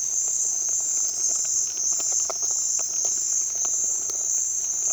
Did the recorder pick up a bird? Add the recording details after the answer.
no. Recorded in dense forest near Puerto Asís, Putumayo, Colombia, on 29 June 2025 at 15:30. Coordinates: 0.468, -76.322. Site GP03